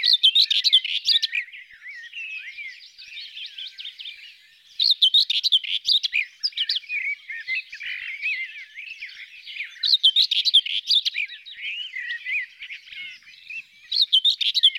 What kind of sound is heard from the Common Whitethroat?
song